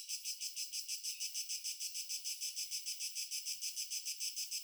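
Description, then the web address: Cricket producing steady high-pitched chirps in a brisk, regular pulse, with no other sounds. Nature ambience with crickets. "Stefano Cremona - Pure Nature Ambiences Crickets"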